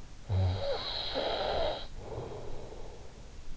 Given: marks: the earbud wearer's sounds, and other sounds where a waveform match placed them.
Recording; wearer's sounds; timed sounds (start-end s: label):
sounds in sleep by an in-ear microphone; snoring breath
0.11-3.36 s: snoring breath